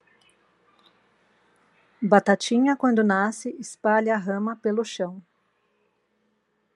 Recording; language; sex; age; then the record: short text; Brazilian Portuguese; female; 30 to 39 years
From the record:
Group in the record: control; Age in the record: 37 years